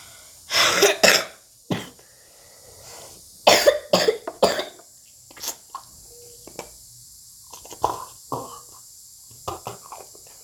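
A 5-year-old child coughs in irregular clusters: two strong bursts, a single cough, a run of four, then softer coughs and breaths, about a dozen over ten seconds. The coughs sound loose and rattly, a wet, productive cough.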